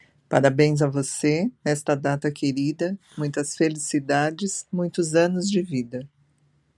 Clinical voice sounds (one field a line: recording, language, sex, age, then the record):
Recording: short text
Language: Brazilian Portuguese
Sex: female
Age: 50 to 59 years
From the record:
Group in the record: control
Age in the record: 54 years